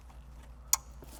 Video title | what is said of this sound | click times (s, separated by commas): Fix Weak Bass Fast – Here’s How - 2021 Toyota Venza Beat-Sonic Plug & Play Amplifier | all right and then on the other side you also hear a click | 0.7 s